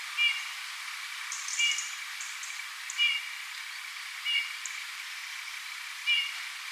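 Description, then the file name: Eurasian bullfinch giving soft, plaintive downslurred piping whistles, repeated roughly every one and a half seconds over a steady high hiss. "Pyrrhula pyrrhula"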